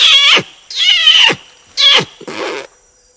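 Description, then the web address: Sumatran orangutan giving shrill, rasping squeals: three strong cries sliding down at the end, followed by a softer, noisier one that fades out. "earth naturelibrary assets s su sumatran orangutan"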